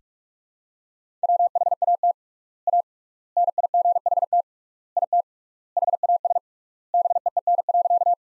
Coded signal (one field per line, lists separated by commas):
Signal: Morse code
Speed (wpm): 41 wpm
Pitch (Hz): 700 Hz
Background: none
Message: WHAT A NIGHT IT HAS BEEN.